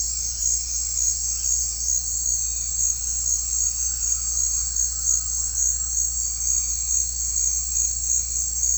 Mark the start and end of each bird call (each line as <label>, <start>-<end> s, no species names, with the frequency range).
bird call (0.9-3.5 kHz), 0.12-6.97 s